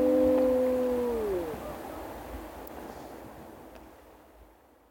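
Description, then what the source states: Wolf howl, the tail end of a steady tone that slides downward and fades after about a second and a half, leaving quiet background noise. Several wolves.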